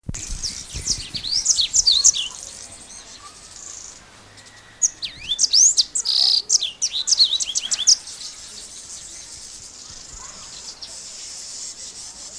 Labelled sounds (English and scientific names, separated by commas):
White-bellied Canary (Crithagra dorsostriata) song